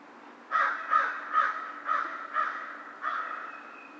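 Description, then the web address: American crow giving six harsh, nasal caws in a steady series, roughly one every half second, over a quiet background with a faint low hum. Recorded 2 March 2010. "Crow 2010 03 02 American Crow"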